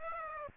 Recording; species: mosquito wingbeat signal from an infrared sensor; Aedes aegypti